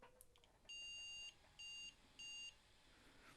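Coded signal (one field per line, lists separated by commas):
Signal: beep code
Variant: ASUS motherboard BIOS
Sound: one long high beep followed by two short high beeps, evenly spaced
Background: quiet room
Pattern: 1 long, 2 short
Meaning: One long and two short beeps usually signal a video or graphics card error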